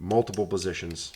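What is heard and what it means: The flex head of a 3/8 drive ratchet is handled on its handle, about to pivot through its indexed detent positions, while someone talks over faint handling noise. Nothing has seated or clicked into a detent yet by the end of the 1.2-second clip.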